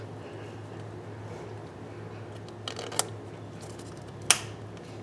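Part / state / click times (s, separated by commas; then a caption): air spring retaining clip into the rear suspension mount / seated / 4.3 s. A new retaining clip for the rear air spring on a 2005 Mercury Grand Marquis is hooked in at the back first, then pushed into the rear suspension mount. A few small ticks and scrapes sound around 2.5–3.0 s over a low steady hum. A sharp, loud snap at 4.3 s marks the clip seating home with a satisfying click.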